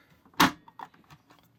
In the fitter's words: That was a definitive click.